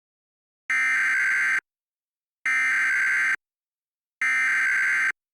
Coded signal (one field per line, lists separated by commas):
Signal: Emergency Alert System (SAME) tones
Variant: header bursts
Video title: EAS Scenario: The Breaking News Incident